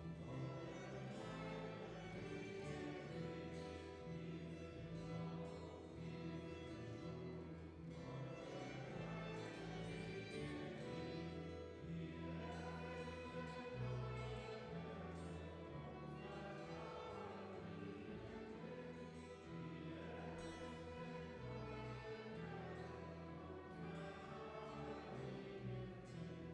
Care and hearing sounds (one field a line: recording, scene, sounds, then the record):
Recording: everyday scene through a hearing-aid microphone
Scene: reverberant space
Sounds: music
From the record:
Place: church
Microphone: behind the ear, right, rear